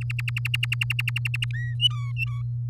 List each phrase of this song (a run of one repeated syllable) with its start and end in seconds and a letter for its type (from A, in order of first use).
0.01-1.45 A, 1.53-1.74 B, 1.80-2.42 C